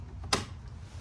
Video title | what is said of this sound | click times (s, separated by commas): How to fix hyper flash on #2005 Chevy Silverado#like #comment #subscribe | it's back in I slowly put it back in you hear the snaps | 0.3 s